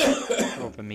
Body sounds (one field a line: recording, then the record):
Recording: coughing mixed with background sound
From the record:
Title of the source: Residual Phlegmy Morning Coughing and Gagging